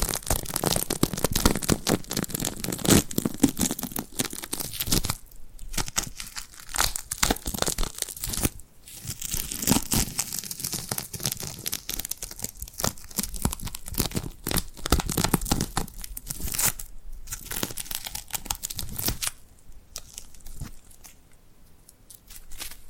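Glued hands peel and rub in dense crackly bursts, bright sticky tearing and crinkling sounds, briefly pausing near five, nine, seventeen and twenty seconds.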